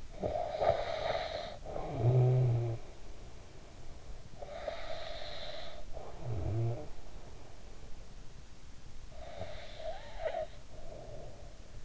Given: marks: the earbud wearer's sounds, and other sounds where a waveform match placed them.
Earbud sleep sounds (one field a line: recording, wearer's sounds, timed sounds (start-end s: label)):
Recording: sounds in sleep by an in-ear microphone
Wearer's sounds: snoring breath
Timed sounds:
0.00-3.23 s: snoring breath
4.30-7.33 s: snoring breath
8.97-11.85 s: snoring breath